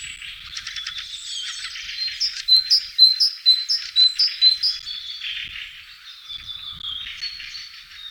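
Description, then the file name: Great tit song: a bright two-note phrase repeated several times in a quick, even rhythm, amid softer twittering. "Parus major"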